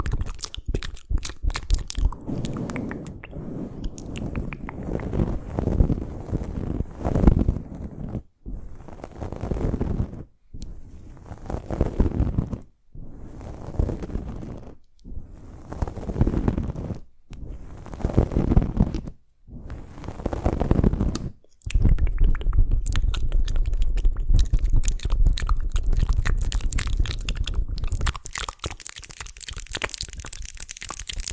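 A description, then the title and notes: Crisp mouth sounds and quick nail tapping come in dense bursts, each run broken by brief silences. After about twenty seconds the pattern changes to a steadier, rougher scratching over a low rumble that lasts to the end. TINGLY MOUTH SOUNDS, NAIL TAPS & BRAIN SCRATCHES.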